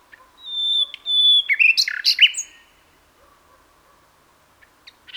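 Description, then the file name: Common nightingale song: a long pure whistle, a pause, then a jumble of harsh, buzzy and whistled notes; quiet afterwards except for a few soft chips. "Luscinia megarhynchos"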